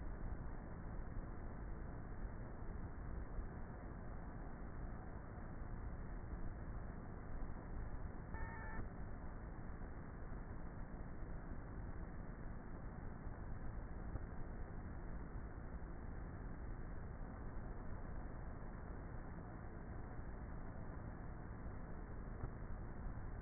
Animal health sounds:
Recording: honeybee colony, microphone inside the hive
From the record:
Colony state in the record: queenless with a low population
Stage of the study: before two queens were removed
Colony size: about 30,000 bees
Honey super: no

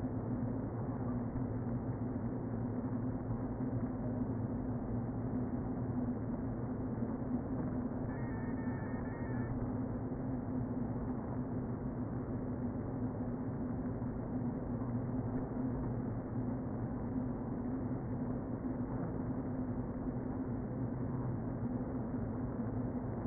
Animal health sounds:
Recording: honeybee colony, microphone inside the hive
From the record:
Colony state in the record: queen present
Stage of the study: before two queens were removed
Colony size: about 60,000 bees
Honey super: yes

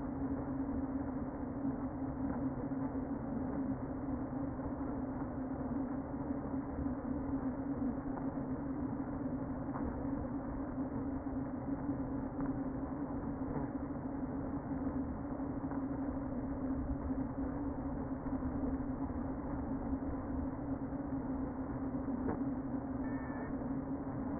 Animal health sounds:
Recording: honeybee colony, microphone inside the hive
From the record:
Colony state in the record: queen present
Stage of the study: before two queens were removed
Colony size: about 60,000 bees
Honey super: yes

